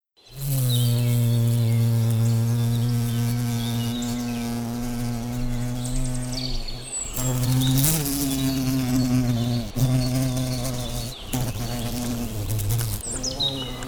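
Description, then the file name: Bumblebee buzzing, a steady low droning hum with strong harmonics, broken off a few times in the second half before resuming. "Humle"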